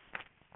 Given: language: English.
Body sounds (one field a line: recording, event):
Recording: throat vibration sensor signal played as sound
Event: swallow